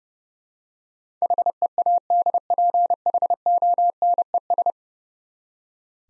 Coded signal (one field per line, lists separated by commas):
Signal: Morse code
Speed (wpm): 28 wpm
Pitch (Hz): 700 Hz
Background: none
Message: HEADPHONES